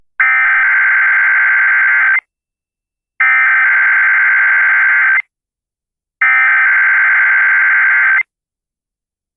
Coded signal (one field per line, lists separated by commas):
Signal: Emergency Alert System (SAME) tones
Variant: header bursts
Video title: Required Weekly Test on WPCV Winter Haven, Florida (97 Country) (7/11/2024) (EAS #132)